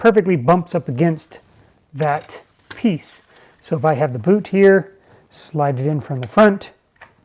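Someone talks while holding the plastic boot of a CNC router support arm, about to slide it into the machine's rail track from the front. Only faint brief ticks sound near the end at about 7.0 s, and nothing has seated or clicked into the track yet.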